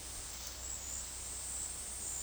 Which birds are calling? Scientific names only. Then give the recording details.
none. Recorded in dense forest near Puerto Asís, Putumayo, Colombia, on 21 February 2024 at 14:00. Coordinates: 0.485, -76.322. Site G6406